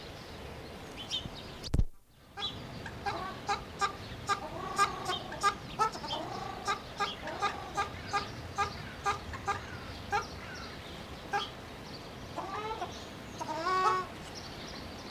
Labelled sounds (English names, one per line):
Ruddy Shelduck call